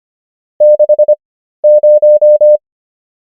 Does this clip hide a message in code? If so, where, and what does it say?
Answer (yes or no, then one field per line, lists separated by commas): yes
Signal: Morse code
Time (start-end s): 0.6-2.6 s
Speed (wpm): 25 wpm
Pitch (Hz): 600 Hz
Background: none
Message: 60